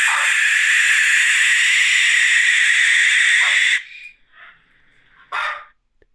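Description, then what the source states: Barn Owl screech, a drawn-out harsh hissing scream followed by a few shorter rasps. Played back from an online video, compared with mechanical steam or tea-kettle noises.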